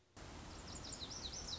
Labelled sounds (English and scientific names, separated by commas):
Lazuli Bunting (Passerina amoena)